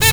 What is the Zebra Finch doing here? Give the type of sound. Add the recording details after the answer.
stack call. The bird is a female. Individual fem1